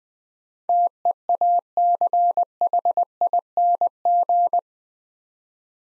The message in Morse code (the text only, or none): TEACHING